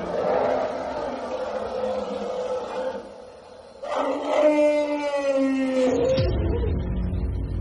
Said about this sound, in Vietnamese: Đến khi tiệc gần tàn, trăng lên lần nữa, thì đột nhiên con voi trắng ngoài sân gầm rống khủng khiếp, âm thanh như sấm sét, tràn đầy bi ai, căm phẫn.